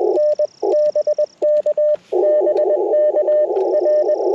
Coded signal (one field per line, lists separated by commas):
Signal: Morse code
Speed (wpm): 21 wpm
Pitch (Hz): 590 Hz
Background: radio noise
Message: N BK BK R